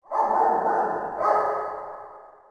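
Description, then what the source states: Dog giving a long, harsh drawn-out call that swells again after about a second, then fades slowly. Dog in a city.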